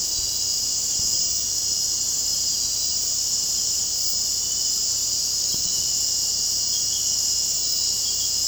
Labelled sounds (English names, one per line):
none